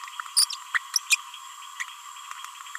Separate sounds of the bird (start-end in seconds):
0.36-0.45, 0.74-0.78, 0.96-0.99, 1.10-1.16, 1.80-1.83